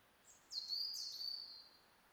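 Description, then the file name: European robin giving high, thin sounds: a faint short note, then a sweeping note running into a long level whistle that fades; faint hiss behind. "Erithacus rubecula"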